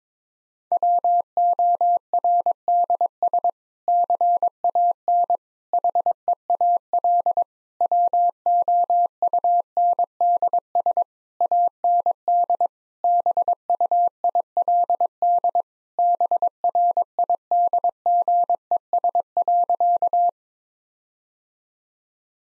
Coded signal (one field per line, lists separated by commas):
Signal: Morse code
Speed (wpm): 22 wpm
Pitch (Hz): 700 Hz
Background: none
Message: WORDS CAN HEAL WOUNDS AND BUILD BRIDGES.